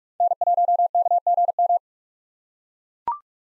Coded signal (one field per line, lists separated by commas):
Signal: Morse code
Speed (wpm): 41 wpm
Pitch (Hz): 700 Hz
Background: none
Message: N1KGM